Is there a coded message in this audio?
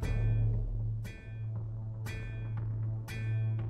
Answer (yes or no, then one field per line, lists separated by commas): no